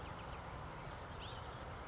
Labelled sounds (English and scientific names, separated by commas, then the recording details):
Western Flycatcher (Empidonax difficilis)
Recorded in Sonoma County, California